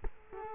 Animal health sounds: mosquito wingbeat signal from an infrared sensor; Culex quinquefasciatus

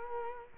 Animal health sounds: mosquito wingbeat signal from an infrared sensor; Culex quinquefasciatus

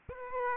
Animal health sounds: mosquito wingbeat signal from an infrared sensor; Aedes aegypti

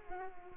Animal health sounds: mosquito wingbeat signal from an infrared sensor; Culex pipiens

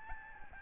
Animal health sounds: mosquito wingbeat signal from an infrared sensor; Aedes albopictus

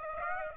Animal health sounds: mosquito wingbeat signal from an infrared sensor; Aedes aegypti

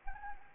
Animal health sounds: mosquito wingbeat signal from an infrared sensor; Anopheles arabiensis

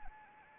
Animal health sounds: mosquito wingbeat signal from an infrared sensor; Anopheles arabiensis

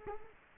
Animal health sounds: mosquito wingbeat signal from an infrared sensor; Culex quinquefasciatus

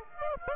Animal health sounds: mosquito wingbeat signal from an infrared sensor; Aedes aegypti

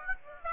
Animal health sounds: mosquito wingbeat signal from an infrared sensor; Aedes aegypti

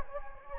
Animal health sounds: mosquito wingbeat signal from an infrared sensor; Anopheles gambiae

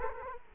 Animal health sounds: mosquito wingbeat signal from an infrared sensor; Culex quinquefasciatus

